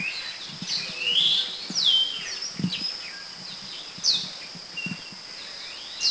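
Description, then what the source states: Apo myna calls: high, sharp downslurred notes and rising whistles in an irregular series, with soft low thumps in the background. Recorded at Kitanglad, Philippines, in 2010.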